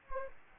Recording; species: mosquito wingbeat signal from an infrared sensor; Anopheles gambiae